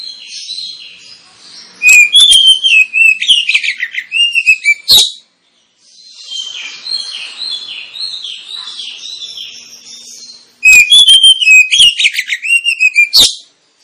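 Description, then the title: Oriental magpie-robin song: two loud bursts of rapid varied whistles and harsh chips, separated by a softer passage of high chattering. Lure recording of kacer singing, intended to provoke other kacer birds into singing and fighting, with full song bursts called tembakan. "Kacer Langsung Tarung Konslet KACER NGOTOT FULL TEMBAKAN. Kacer dimana SAJA Bakalan NGEPLONG GACOR dengan Pancingan Kacer ini"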